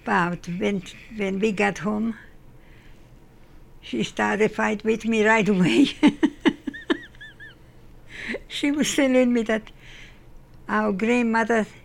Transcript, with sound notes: but when- when we got home, she started to fight with me like we. (Laughs) She was telling me that our grandmother,